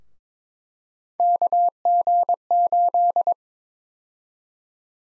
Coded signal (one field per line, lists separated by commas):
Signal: Morse code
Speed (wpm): 22 wpm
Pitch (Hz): 700 Hz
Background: none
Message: KG8